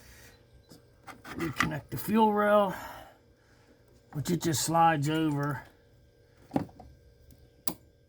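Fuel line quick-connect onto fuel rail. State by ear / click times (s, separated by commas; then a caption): seated / 7.7 s. Someone talks while a fuel line quick-connect connector is slid over the fuel rail nipple, with faint handling sounds. A loud snap at 7.7 s marks the connector clicking into place and seating on the fuel rail.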